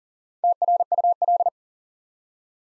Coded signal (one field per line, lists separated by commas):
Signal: Morse code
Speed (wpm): 41 wpm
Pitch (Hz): 700 Hz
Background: none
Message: TRUL